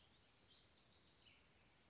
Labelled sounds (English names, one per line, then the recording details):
House Wren
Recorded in Sonoma County, California